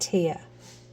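A clock hour hand with a larger ring is handled over the clock movement's shaft, about to be gently pushed down onto its first tier. Someone talks briefly at the start, then only a low steady hum remains. Nothing has seated or clicked yet.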